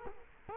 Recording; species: mosquito wingbeat signal from an infrared sensor; Culex quinquefasciatus